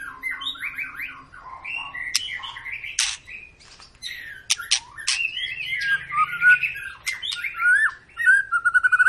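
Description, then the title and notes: White-rumped shama song, a dense flow of chattering trills, harsh notes and clear whistles, ending in a quick repeated stutter. Long lure song, used to prompt birds to sing. "Pancingan Murai Batu Gacor Panjang. muraiku"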